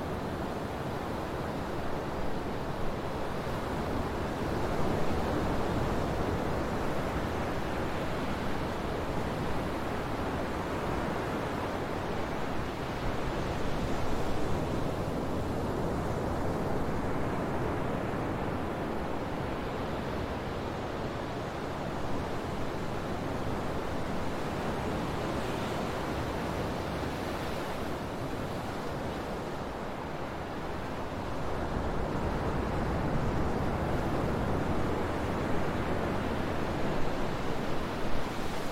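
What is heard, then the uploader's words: Ocean sound fills the clip as a dense, steady wash of surf, thick in the low and middle range with little brightness on top. The level barely shifts, with gentle swells around fifteen and thirty seconds and no distinct breaking waves or other sounds. Ocean Sounds.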